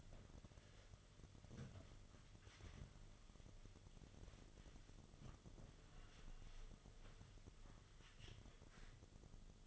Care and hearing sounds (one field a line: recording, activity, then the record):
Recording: daily activity, microphone in the room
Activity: wipe stove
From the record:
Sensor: 4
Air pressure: 1005.7 hPa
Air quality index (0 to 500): 101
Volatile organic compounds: 2 ppm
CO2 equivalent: 1261 ppm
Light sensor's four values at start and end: 11/25/10/10 and 12/26/10/10